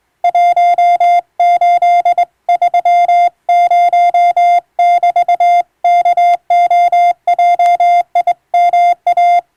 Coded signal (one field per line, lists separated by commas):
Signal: Morse code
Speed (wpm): 21 wpm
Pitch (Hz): 700 Hz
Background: music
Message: 1830<BT>KOJIMA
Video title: 【モールス無線通信士】懐かしいモールス通信、昭和はラジオでよく聞こえました。船と陸との唯一の通信手段、大変重要な無線通信でした。ハムの受信トレーニングにどうぞ morse code practice